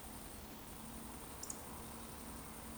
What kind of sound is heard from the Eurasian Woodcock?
whistle